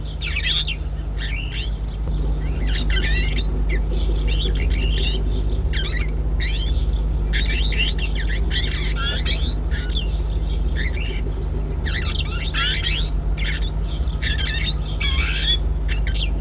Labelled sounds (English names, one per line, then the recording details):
Twite call
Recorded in captivity
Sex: pair
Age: adult
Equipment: Halbspur, 9,5 cm/s
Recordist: Lütgens, Hans
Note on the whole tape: 1 Paar im Käfig